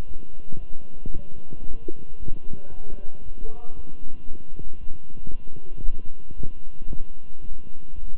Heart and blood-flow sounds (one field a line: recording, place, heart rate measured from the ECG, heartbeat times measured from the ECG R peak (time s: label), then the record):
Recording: heart sounds by stethoscope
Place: between the tricuspid and mitral areas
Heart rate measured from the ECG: 114 bpm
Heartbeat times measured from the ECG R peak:
0.07 s: heartbeat
0.59 s: heartbeat
1.12 s: heartbeat
1.65 s: heartbeat
2.18 s: heartbeat
2.70 s: heartbeat
3.22 s: heartbeat
3.75 s: heartbeat
4.27 s: heartbeat
4.79 s: heartbeat
5.31 s: heartbeat
5.84 s: heartbeat
6.36 s: heartbeat
6.88 s: heartbeat
7.40 s: heartbeat
7.94 s: heartbeat
From the record:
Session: walking at 3.7 km/h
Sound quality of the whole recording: good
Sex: male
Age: 23 years